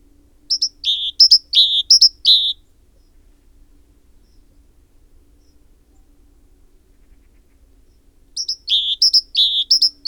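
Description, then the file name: Great tit, two rapid bursts of paired notes, each high note dropping to a lower one, separated by a pause of several seconds, over a faint low steady hum. "Parus major"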